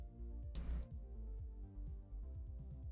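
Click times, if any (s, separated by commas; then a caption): none. A plastic model kit part is handled and pushed toward its socket while music plays steadily underneath. A brief, bright burst of broadband noise rises from about 0.5 to 0.9 seconds, then only the music continues. Nothing has seated or clicked yet; the part is not yet home.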